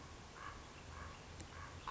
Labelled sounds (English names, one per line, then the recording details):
Common Raven
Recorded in Sonoma County, California